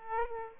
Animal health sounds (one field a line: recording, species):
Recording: mosquito wingbeat signal from an infrared sensor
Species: Aedes aegypti